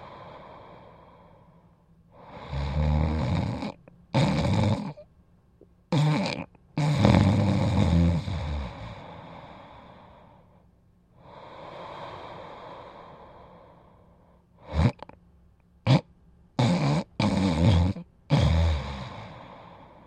Snore 3 Close Breathing w Obnoxious Snorting.